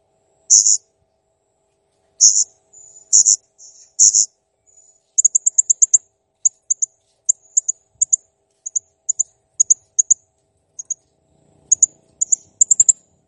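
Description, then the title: Blue-crowned hanging parrot with loud high squeaky bursts, then a steady run of short high ticks. Masteran training recording of clear, prolific calling (gacor jernih), used to tutor cage birds. "Masteran Burung Serindit Ll Masteran Serindit Gacor Jernih"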